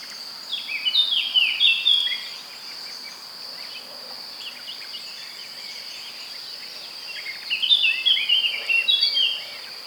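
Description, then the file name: Eurasian blackcap giving two quick, varied warbling phrases several seconds apart, over a steady high insect drone throughout. "Sylvia atricapilla"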